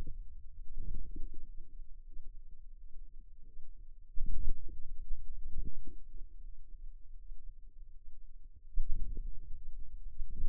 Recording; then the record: forearm muscle sounds (acoustic myography)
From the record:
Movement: hand closing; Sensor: system 2, bracelet of six BSWA MPA416 microphones around the upper forearm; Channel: 2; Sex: female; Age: 23 years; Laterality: right